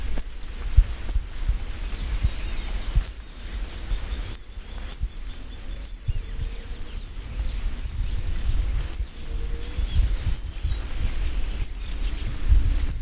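Olive-spotted hummingbird giving sharp, very high chips, singly or in quick doubles, scattered irregularly throughout over a steady low rumble of background noise.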